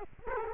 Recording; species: mosquito wingbeat signal from an infrared sensor; Culex quinquefasciatus